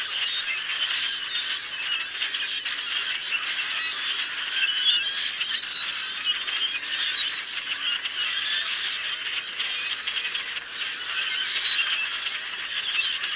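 Common grackle chorus, many birds giving rasping squeaks and creaky chatter nonstop.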